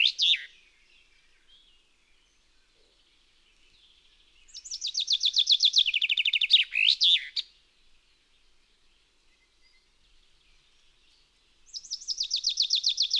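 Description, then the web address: Common chaffinch singing: the tail of one phrase, then a full cascading trill of repeated notes ending in a flourish, and another song beginning after a pause. "Bogfinke"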